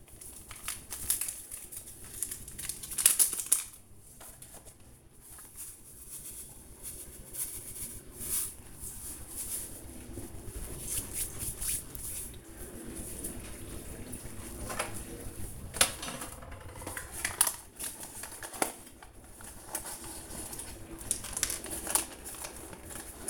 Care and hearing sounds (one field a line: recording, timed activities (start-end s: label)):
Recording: household activities, microphone on the right wrist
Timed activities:
0.00-23.30 s: baking